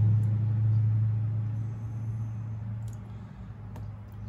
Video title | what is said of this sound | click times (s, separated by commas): Ryobi - Charger Port Bypass | and it actually kind of Clicks in place snaps in place | 2.9 s, 3.8 s